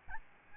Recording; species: mosquito wingbeat signal from an infrared sensor; Aedes albopictus